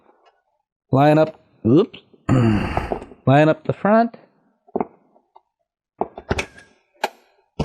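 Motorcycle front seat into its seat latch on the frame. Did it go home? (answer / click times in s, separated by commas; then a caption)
yes / 6.0 s. Someone talks while the front seat of a Kawasaki Ninja 1000SX is fitted: its front clip is slid under the metal bracket, the front is lined up, and the rear of the seat is pushed down into its seat latch on the frame. A few short knocks and thumps follow, and the sharp hit at 6.0 s is the latch clicking home. The seat is seated.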